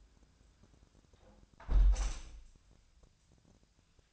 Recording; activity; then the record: daily activity, microphone in the room; close window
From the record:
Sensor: 2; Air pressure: 1000.2 hPa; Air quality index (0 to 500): 140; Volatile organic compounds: 2 ppm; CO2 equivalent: 1168 ppm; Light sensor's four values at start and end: 11/31/12/14 and 11/30/11/13